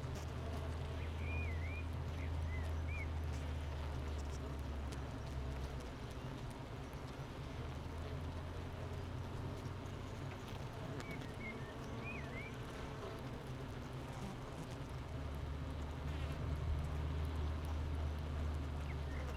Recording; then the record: honeybee colony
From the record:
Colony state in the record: missing queen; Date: 31 May 2018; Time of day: 9:00